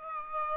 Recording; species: mosquito wingbeat signal from an infrared sensor; Aedes aegypti